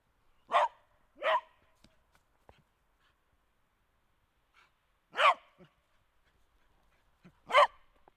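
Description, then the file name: Dog barking, four short sharp barks: a quick pair, then two single barks several seconds later, with faint rustles and taps in the gaps. Dog recorded while someone plays with it. "Playing with a dog"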